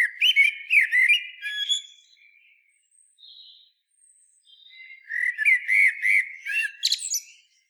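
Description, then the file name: Common blackbird song: two phrases of mellow, warbled whistles, each ending in a high, scratchy twitter, with a quiet pause between them. "Turdus merula"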